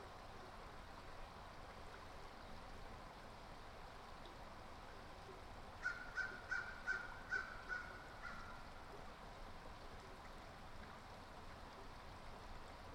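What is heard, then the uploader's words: A brook runs steadily through the whole recording, a dense, even rush of water with nothing rising or falling. Between about six and eight seconds, a quick run of six bright, evenly spaced chirps, likely a bird, stands out above the flow. Tar Hollow, Brook.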